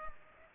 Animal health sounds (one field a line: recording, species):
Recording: mosquito wingbeat signal from an infrared sensor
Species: Culex pipiens